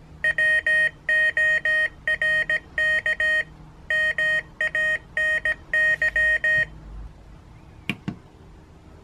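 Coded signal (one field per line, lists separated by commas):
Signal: Morse code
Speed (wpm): 17 wpm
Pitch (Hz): 1850 Hz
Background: none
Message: WORK MANY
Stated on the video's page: Morse sent with a Morserino-32 trainer, keyer and wifi transmitter.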